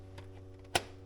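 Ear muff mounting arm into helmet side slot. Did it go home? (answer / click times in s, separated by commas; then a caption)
yes / 0.8 s. The plastic mounting arm of an ear muff is pushed into the side slot of a Petzl Vertex climbing/work helmet, where a nub catches the notches. A faint tick at 0.2 s is followed by a sharp, bright click at 0.8 s as the arm seats in the slot.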